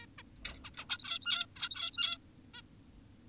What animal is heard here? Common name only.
Zebra Finch